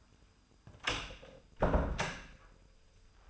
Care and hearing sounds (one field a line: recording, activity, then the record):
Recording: daily activity, microphone in the room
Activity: close door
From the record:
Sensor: 2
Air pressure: 996.0 hPa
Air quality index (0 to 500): 62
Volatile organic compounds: 3 ppm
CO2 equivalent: 1356 ppm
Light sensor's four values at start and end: 11/27/12/12 and 11/27/11/12